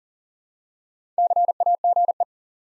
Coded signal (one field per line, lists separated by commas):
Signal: Morse code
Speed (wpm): 41 wpm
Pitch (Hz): 700 Hz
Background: none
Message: CAGE